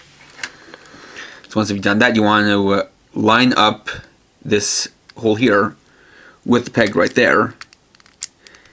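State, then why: Seated. Someone talks while lining up the hole in a plastic tire piece with the peg on the shoulder of a TK03 Kamen Rider Drive Type Wild action figure. After a few faint handling ticks, the tire is pushed onto the shoulder peg and clicks into place at 8.2 s, seated.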